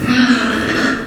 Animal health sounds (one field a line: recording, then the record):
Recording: squeal of a Yucatan mini pig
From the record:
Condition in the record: after surgery on the right vocal fold (resection and tissue-engineered implant)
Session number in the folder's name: 6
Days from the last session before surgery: 40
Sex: female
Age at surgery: 19 weeks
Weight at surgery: 25 kg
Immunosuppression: prednisolone